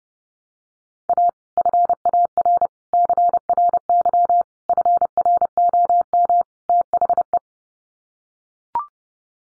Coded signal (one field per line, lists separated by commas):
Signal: Morse code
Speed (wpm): 30 wpm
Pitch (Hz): 700 Hz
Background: none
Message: A FAR CRY FROM THE